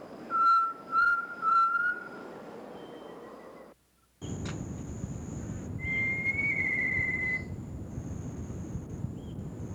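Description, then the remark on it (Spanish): A tinamou, also called chorola, in Colombia gives clear, pure whistled notes: three short steady tones in a row, then after a brief silence one longer, slightly wavering whistle over a dense hiss of background noise. “El tinamú o chorola, una de las aves, quizá la más primitiva con que cuenta nuestra avifauna.”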